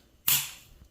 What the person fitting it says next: and it pops right in place